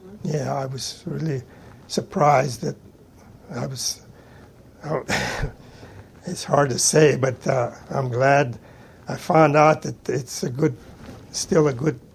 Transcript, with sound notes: Yeah, I was really surprised that I was -- I w --. [slight cough] It's hard to say it, but, ah, I'm glad I found that it's a good -- still a good